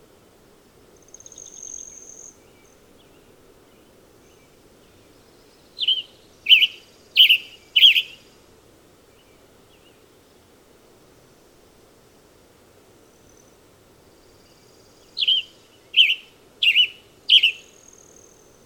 Western Tanager song recorded at Hollowell Park in Rocky Mountain National Park.